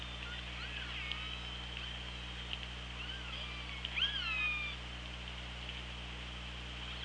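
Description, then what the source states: Orca call underwater, a clearer rising then falling tonal cry with harmonics near the middle, with fainter calls earlier, over steady low hum and hiss. Recorded by OrcaLab hydrophone on 24 August 2017 at 16:28.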